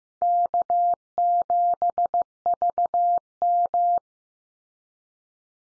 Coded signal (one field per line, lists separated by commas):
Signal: Morse code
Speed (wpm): 15 wpm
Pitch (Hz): 700 Hz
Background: none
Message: K7VM